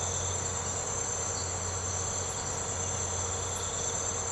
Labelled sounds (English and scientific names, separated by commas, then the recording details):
none
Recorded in secondary vegetation near Puerto Asís, Putumayo, Colombia, on 21 March 2025 at 05:00
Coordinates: 0.468, -76.324
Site G059